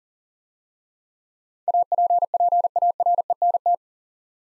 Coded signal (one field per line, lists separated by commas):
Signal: Morse code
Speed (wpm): 40 wpm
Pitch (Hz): 700 Hz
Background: none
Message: APPARENT